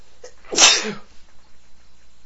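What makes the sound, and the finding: Adult male. Sneeze.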